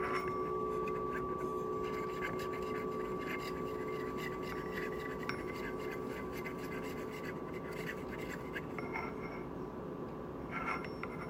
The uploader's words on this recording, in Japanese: 勤行時の鳴りものの音。お鈴2種、ニ器→洒水器と散杖、なき蛙、龍神玉等。